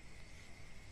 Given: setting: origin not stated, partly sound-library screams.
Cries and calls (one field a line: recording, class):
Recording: one-second piece from a danger detection set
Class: normal situation